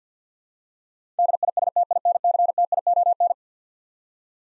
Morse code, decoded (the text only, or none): DISTINCTION